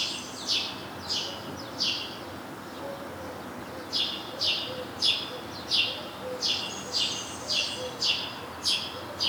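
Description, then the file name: House sparrow chirps, a few spaced notes, a pause, then a longer run of repeated harsh chirps over background noise. "Passer domesticus"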